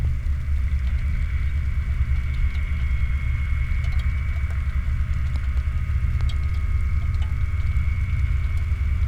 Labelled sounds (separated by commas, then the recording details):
machinery, rain
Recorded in the Prudhoe Bay oil fields, Alaska, on 15 July 2019 at 07:21
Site 29